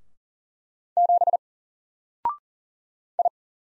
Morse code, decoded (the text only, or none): 7 I